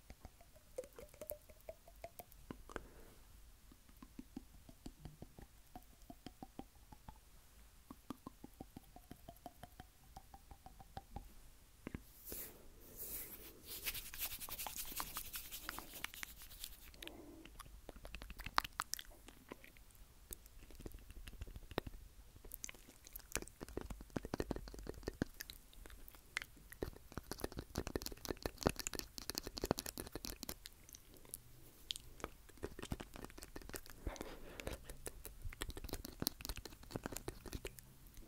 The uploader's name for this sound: Teeth Tapping FAST & SLOW